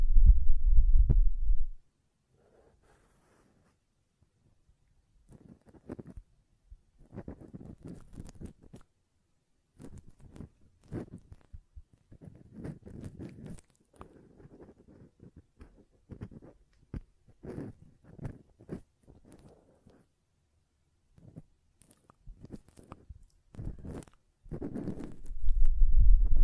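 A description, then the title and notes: Ear cleaning sounds: soft scratching, rubbing and crackling come in irregular bursts through most of the clip, with short quiet gaps between them. Louder low rumbles, like blowing, open the first two seconds and return over the last two. ASMR Ear Cleaning and Blowing (No Talking).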